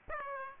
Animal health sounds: mosquito wingbeat signal from an infrared sensor; Aedes aegypti

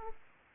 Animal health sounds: mosquito wingbeat signal from an infrared sensor; Aedes aegypti

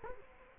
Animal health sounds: mosquito wingbeat signal from an infrared sensor; Culex quinquefasciatus

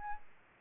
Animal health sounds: mosquito wingbeat signal from an infrared sensor; Aedes albopictus

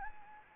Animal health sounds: mosquito wingbeat signal from an infrared sensor; Anopheles arabiensis

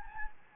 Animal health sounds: mosquito wingbeat signal from an infrared sensor; Anopheles gambiae

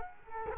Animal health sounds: mosquito wingbeat signal from an infrared sensor; Culex quinquefasciatus

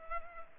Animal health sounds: mosquito wingbeat signal from an infrared sensor; Culex pipiens

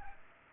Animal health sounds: mosquito wingbeat signal from an infrared sensor; Aedes aegypti

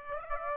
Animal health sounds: mosquito wingbeat signal from an infrared sensor; Aedes aegypti

